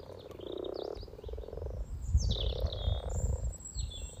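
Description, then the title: Frogs giving rolling, purring croaks early on, then fainter, under low rumbling noise, with birds chirping and whistling high above. Chorus of about 20 frogs in sunny garden pond, some floating, some on fresh spawn, welcoming arriving females; Freshfield, Formby, Merseyside, UK; sunny St Patrick's day lunchtime, 17 March 2023, spring. "Frog Chorus Spring sounds first Lunch outside St Patrick’s day 17 March 2023 . Freshfield, Formby"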